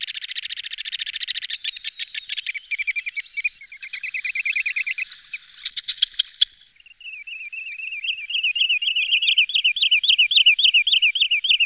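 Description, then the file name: Wood sandpiper calls: a dense run of high buzzy trills and rapid chirps, then a series of quick rising whistled notes repeated several times a second. "Fr meaux Nature - Chevalier Sylvain Wood Sandpiper"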